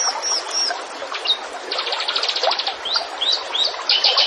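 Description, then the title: Zebra finch song: nasal beeps, a rapid buzzy run of repeated notes, then squeaky upslurred chirps. Master recording used to train a bird, with lively, actively singing finches. "Masteran Burung Tembakan Gacor"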